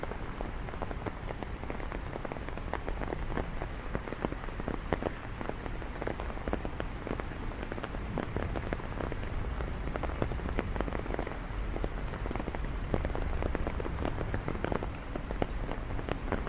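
Rain drums steadily on an umbrella overhead, a dense patter of close, sharp drops that never lets up across the whole stretch. Beneath the crisp tapping sits a low rumble of the city, with a dull hiss of wet ground filling the background.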